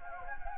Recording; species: mosquito wingbeat signal from an infrared sensor; Anopheles gambiae